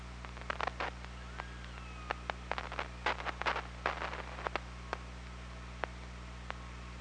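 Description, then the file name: Killer whale echolocation clicks in rapid irregular bursts, with a faint sliding tonal call early on, over a constant low hum. Recorded underwater by the OrcaLab hydrophone on 24 August 2017, around 07:25. "Orca Lab UTLN JASON 20170824 072548"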